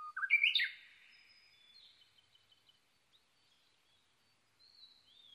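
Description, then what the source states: Japanese bush warbler song ending: a loud, rapid rising flourish of bright notes at the start, then only faint high chirps from other birds. Recorded 22 May 2011 at 05:58.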